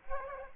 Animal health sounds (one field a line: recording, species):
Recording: mosquito wingbeat signal from an infrared sensor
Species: Aedes aegypti